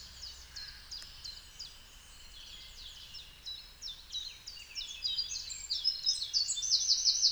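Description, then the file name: Eurasian wren song, a long rapid series of high trilled and chattering notes that grows louder toward the end, ending in a fast rattling trill. "Troglodytes troglodytes"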